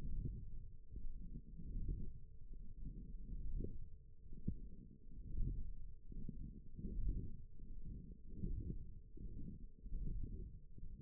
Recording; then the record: forearm muscle sounds (acoustic myography)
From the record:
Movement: wrist extension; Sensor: system 1, eight BSWA MPA416 microphones around the upper forearm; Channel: 4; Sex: female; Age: 20 years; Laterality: right